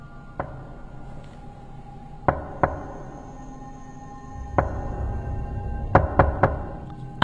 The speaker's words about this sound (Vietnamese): Vợ gã thấy gã quay lại thì lạ lắm, còn đang tính hỏi, thì đột nhiên, ở bên ngoài, tiếng gõ cửa lại vang lên.